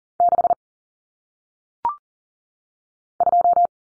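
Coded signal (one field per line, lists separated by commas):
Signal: Morse code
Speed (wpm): 40 wpm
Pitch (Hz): 700 Hz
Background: none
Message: 6 2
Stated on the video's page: Morse code single-digit numbers sent at 40 wpm for head-copy practice, each number sent, spoken, then sent again.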